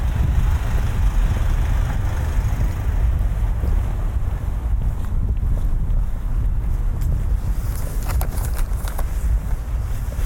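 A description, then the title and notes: A lunchtime walk through a business park in Leamington Spa, UK, dominated by a steady, dense low rumble like wind buffeting and passing vehicles that holds an even level throughout. From about seven seconds, a few brief, sharp clicks and ticks break through. A lunchtime walk through a business park in Leamington Spa, UK. This is my first time recording a binaural soundscape using the Sennheiser Ambeo Smart Headset .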